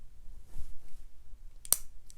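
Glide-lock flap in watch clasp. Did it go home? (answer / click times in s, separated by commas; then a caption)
released / 1.7 s. A steel flap on the glide-lock clasp extension of a Rolex Submariner bracelet is pulled down, giving a sharp metallic click at 1.7 s with a softer tick just before and another faint tick at 2.1 s. The click unlocks the ratcheting adjustment, releasing the extension so the bracelet can slide in and out.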